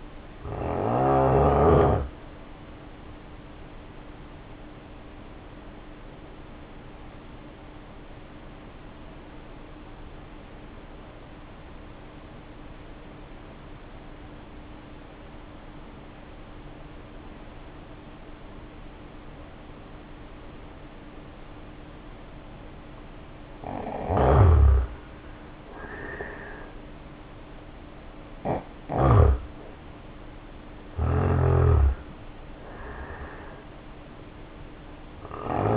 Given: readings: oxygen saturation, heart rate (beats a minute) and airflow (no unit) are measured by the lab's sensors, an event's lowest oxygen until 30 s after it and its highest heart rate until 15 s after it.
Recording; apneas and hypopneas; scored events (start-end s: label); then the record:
breathing in sleep by a voice recorder at the bedside; 1
8.00-26.50 s: obstructive apnea (N2, oxygen 91% highest, then 78% lowest, heart rate 59 at the start, 71 highest)
15.00-35.77 s: new sleep stage, N1 (lightest sleep)
From the record:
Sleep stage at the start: N2 (light sleep); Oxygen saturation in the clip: 84 to 93%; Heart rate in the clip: 52 to 71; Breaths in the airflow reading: 4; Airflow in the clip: -4.4 to 2.2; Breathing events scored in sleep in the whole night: 520 in 7.2 hours asleep